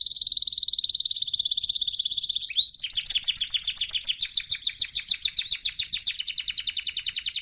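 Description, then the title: Canary song built from a long, fast trill that shifts abruptly into a brighter, slightly slower rolling tour, each note pulsed evenly. Male Belgian canary singing a lot; training recording for warming up young birds. "Esquente Seu Filhote E Canario Belga Em 30 Minutos Macho Cantando Muito"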